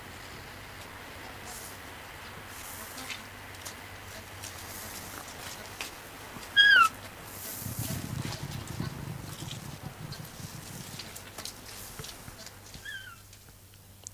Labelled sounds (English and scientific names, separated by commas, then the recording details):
Bactrian Camel (Camelus bactrianus)
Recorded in captivity
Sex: male
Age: adult
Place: Zoo Rostock, Mecklenburg-Vorpommern, DE
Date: 1984-02-02 13:46
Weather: overcast, light rain shower, 2°C
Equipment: Nagra SN, Kopie Uher 4000 Report Monitor
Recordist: Tembrock, Günter